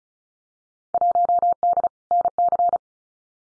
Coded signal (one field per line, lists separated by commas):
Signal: Morse code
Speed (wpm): 34 wpm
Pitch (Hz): 700 Hz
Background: none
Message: 1D NC